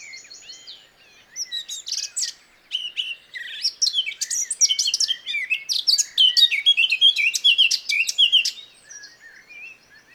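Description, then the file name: Eurasian blackcap: a lively, rapid warble of mixed scratchy and fluty notes lasting about seven seconds, framed by faint buzzy trills. "Sylvia atricapilla"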